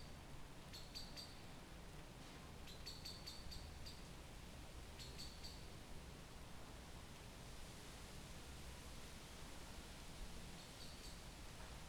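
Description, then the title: Parakeets calling in short, harsh, high chirps bunched into rapid clusters near one, three, five and eleven seconds, over a steady low background rumble. Flock of parakeets in the Talmastraat neighbourhood, Amsterdam, Netherlands, in summer; large groups in trees, moving from tree to tree and speeding along the street. "Talmastraat, Amsterdam, Nederland - Parkieten/ Parakeets"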